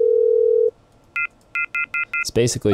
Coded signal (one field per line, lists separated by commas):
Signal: telephone call progress tone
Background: speech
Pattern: off-hook warning tone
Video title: Telephone Tones: Free Ableton Live Pack #106